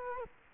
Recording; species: mosquito wingbeat signal from an infrared sensor; Culex quinquefasciatus